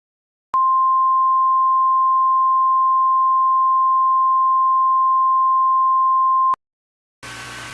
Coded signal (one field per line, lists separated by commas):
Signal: Emergency Alert System (SAME) tones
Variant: 1050 Hz attention tone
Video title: EAS Scenario Special - Lamia Of Evil